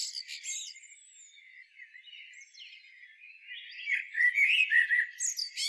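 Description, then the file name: Common blackbird song: a high twittering phrase fades to faint notes, then a loud mellow warble with squeaky upper notes returns near the end. "Turdus merula"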